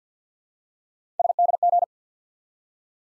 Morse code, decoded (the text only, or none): SDG